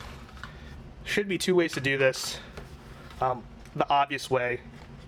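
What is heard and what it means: Someone talks while handling a plastic toy morpher, getting ready to push it into its plastic belt holster the obvious way. Nothing has seated or clicked into the holster yet.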